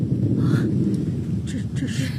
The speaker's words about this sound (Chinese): 这是打雷了。莫非老天爷真的显灵啊！